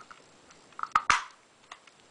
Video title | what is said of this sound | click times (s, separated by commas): Toto Toilet Replace Flapper Gasket on Flush/ Drain Valve | just snaps in place | 1.0 s, 1.1 s